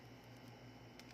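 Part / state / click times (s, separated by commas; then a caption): interchangeable lens into camera body lens mount / not seated / none. An interchangeable lens is handled at the lens mount of a DSLR camera body, lined up by its mount index and being twisted clockwise, with faint handling noise over a steady low hum and a brief sharp scrape at about 1.0 s. The clip ends before the lens locks, so nothing has seated or clicked yet.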